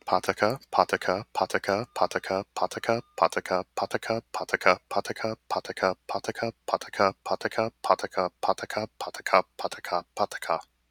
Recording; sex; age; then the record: repeated syllables /pa ta ka/; male; 30 to 39 years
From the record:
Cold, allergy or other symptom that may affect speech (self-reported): no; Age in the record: 37 years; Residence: Florida, United States